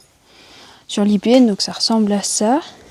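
Someone talks while handling a metal plasterboard ceiling suspension clip that is about to be clipped onto the flange of a steel I-beam (IPN), with only faint background noise before the voice begins. The clip has not snapped onto the beam yet, so nothing has seated or clicked.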